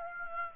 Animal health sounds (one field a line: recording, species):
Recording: mosquito wingbeat signal from an infrared sensor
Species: Aedes aegypti